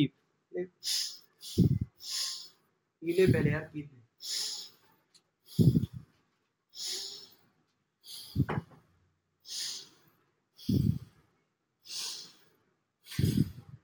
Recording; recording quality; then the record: deep breathing; excellent, no background noise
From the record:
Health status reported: healthy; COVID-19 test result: not tested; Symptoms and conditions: cough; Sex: male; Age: 18 years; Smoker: not ticked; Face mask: not worn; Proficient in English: yes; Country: India